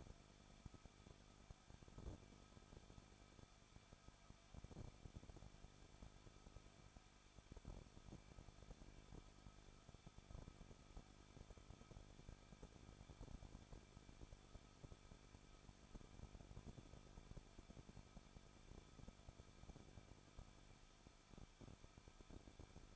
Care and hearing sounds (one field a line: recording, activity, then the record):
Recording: daily activity, microphone in the room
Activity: no activity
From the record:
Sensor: 5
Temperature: 20.8 degrees Celsius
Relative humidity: 38.2%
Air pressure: 1006.6 hPa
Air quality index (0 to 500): 186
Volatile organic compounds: 18 ppm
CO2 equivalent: 2611 ppm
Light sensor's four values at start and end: 2/3/1/1 and 2/3/1/1